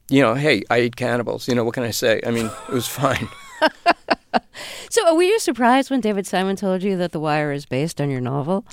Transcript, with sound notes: you know, hey, I eat cannibals, you know. What can I say? I mean it was fine.
(Soundbite of laughter) So, were you surprised when David Simon told you that "The Wire" was based on your novel?